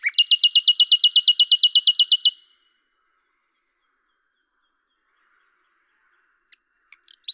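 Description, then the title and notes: Common nightingale song: a strong, very even pulsed trill of many rapid notes, then silence and a few faint sharp notes. Recorded at Lavours, France, on 10/05/1998 with a Tascam DAP-1 recorder and Télingua microphone, edited in Samplitude 5.1. "rossignol à LAVOURS. D83, 01350 Lavours, France. 10/05/1998 Tascam DAP-1 Micro Télingua, Samplitude 5.1"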